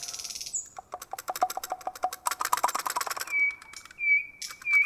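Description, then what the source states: Common nightingale song: a series of evenly spaced notes building into a dense rattle, ending with sustained pure whistles. Recorded in a city.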